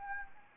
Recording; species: mosquito wingbeat signal from an infrared sensor; Anopheles arabiensis